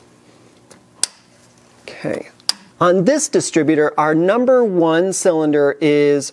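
A distributor cap on a classic VW Beetle engine is set down onto the distributor body with its notch lined up with the body's tab, since it only locks in when oriented this way and otherwise just spins. One sharp, loud hit at 1.0 s marks the cap locking into place, followed by someone talking.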